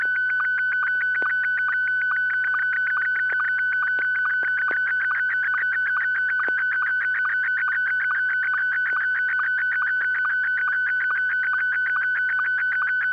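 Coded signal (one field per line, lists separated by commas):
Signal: SSTV (slow-scan television)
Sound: steady mid-pitched tone with rapid regular ticking chirps, about eight per second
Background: low hum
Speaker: I do believe I have something I'm ready to send this is actually kind of detailed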